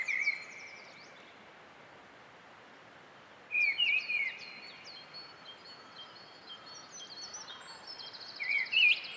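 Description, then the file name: Mistle thrush song: short fluted, slurred phrases at the start, middle and end, among higher twittering and chirps. "British Library - Mistle Thrush Turdus viscivorus"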